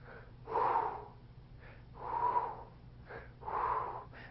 Bronchial breath sounds. Short inspiration and a longer, louder expiration.